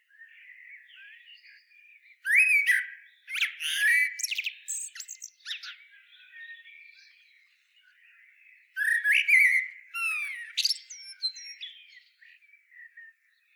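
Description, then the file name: Common blackbird song: two long phrases separated by a short pause, each opening with mellow fluted whistles and dissolving into busy, high squeaky twittering. "Turdus merula"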